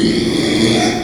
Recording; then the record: squeal of a Yucatan mini pig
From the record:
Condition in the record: after surgery on the right vocal fold (resection and tissue-engineered implant); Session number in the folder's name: 2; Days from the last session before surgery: 13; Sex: male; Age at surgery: 12 weeks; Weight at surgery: 13 kg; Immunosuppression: cyclosporine, prednisolone